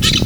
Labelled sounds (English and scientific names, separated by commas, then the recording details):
Brown-throated Parakeet (Eupsittula pertinax) contact call
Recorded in Venezuela
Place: Guárico; Corozopando; Fundo La Fe
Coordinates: 8.506, -67.593